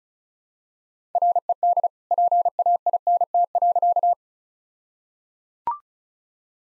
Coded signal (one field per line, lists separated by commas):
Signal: Morse code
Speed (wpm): 34 wpm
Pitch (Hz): 700 Hz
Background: none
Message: RED PAINT.